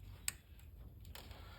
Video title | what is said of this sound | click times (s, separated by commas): 2011 - 2016 Chrysler Town & Country Ignition Coil and Spark Plug Replacement. Misfire Code Easy DIY | then we'll just press our wire back on there and it'll click into place. | 0.3 s